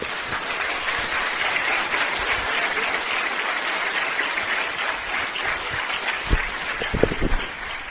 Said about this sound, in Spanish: Den un aplauso al Señor.